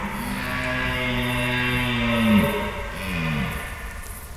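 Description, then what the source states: Red deer stag gives a long sustained deep bellow ending in a drop, followed by a shorter grunting roar, over low steady background noise. Red deer stags calling overnight during the rut in Schönbuch near Tübingen, Germany, September 2023.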